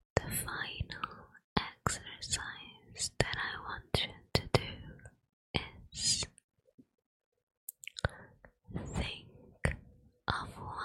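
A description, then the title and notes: Soft brushing and tapping sounds come in quick bursts, some sharp and bright, others with a low breathy swish. They cluster at the start and near the end, separated by a nearly silent pause around six to eight seconds. ASMR Brushing your face Personal attention ear to ear.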